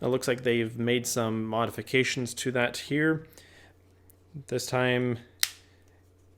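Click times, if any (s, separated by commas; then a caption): 5.4 s. Someone talks while an Amazfit Bip S fitness watch is pressed into its modified plastic charging cradle, which replaces an older friction-fit design. A sharp, bright click sounds at 5.4 s as the watch snaps into place and seats in the cradle.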